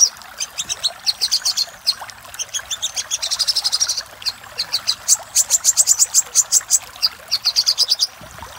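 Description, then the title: Little spiderhunter song of quick high chips and short trilled bursts, with brief pauses between runs, against a constant background hiss. Song used for training cage birds. "Masteran Burung Sogok Ontong Labaik"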